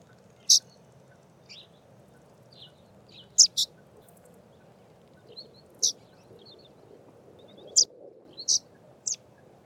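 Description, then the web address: Scaly-feathered weaver: short, thin high-pitched chips, some paired, scattered irregularly, with quieter twitters between and constant low hum. "Scaly feathered weaver. صدای-پرنده-جولای-پر-پولکی"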